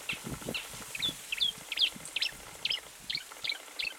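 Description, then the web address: Marsh warbler song, sharp high chips and short twittering notes repeated a little under every half second, with a soft rustle underneath. Recorded 10 July 2019. "fagelljud 20190710 karrsangare"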